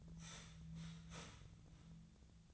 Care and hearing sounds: daily activity, microphone in the room; start toaster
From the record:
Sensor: 3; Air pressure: 1009.3 hPa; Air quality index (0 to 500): 197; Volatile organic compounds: 16 ppm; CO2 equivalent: 2556 ppm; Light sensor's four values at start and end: 32/80/34/36 and 32/80/34/36

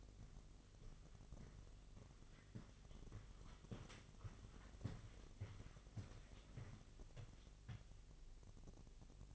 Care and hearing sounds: daily activity, microphone in the room; walk to room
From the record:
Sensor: 4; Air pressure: 1000.4 hPa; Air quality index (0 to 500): 216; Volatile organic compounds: 23 ppm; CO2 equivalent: 2786 ppm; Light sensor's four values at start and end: 9/21/8/8 and 9/20/8/8

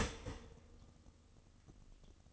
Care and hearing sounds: daily activity, microphone in the room; start toaster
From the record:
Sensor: 4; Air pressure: 1007.8 hPa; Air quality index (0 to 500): 105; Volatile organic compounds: 1 ppm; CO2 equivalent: 776 ppm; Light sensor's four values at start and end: 11/24/10/10 and 11/24/10/10

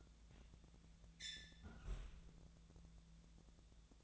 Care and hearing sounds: daily activity, microphone in the room; close fridge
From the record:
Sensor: 3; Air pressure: 1000.0 hPa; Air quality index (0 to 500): 132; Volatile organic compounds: 2 ppm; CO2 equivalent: 1173 ppm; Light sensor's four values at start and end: 40/101/43/47 and 40/103/43/48

